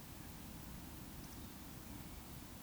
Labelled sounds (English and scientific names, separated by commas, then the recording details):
Eurasian Woodcock (Scolopax rusticola) whistle
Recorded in Baden-Württemberg, Germany, on 19 June 2020 at 19:48 UTC
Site 44397, 226 m above sea level